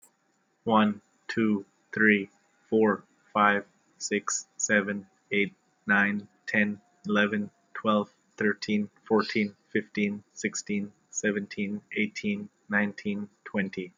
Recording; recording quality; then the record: counting at a normal pace; excellent, no background noise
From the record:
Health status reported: healthy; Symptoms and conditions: none ticked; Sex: male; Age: 33 years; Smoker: not ticked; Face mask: not worn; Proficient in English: yes